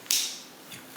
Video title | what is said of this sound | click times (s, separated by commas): Wera 1/4" Zyklop socket set vs Wera Tool Check Plus. Which one is right for your bag | it clicks got an audible click and it will not come out | 0.1 s